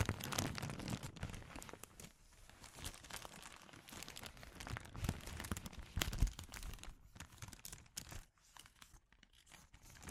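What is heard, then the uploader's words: Crinkling plastic rustles in dense, irregular bursts, loudest near the start and around six seconds, thinning into sparse crackles near the end. ASMR Sensitive Crinkles (No Talking).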